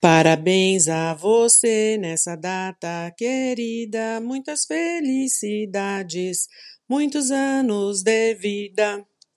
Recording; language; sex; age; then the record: short text; Brazilian Portuguese; female; 50 to 59 years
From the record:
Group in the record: control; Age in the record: 51 years